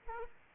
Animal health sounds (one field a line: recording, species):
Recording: mosquito wingbeat signal from an infrared sensor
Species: Aedes aegypti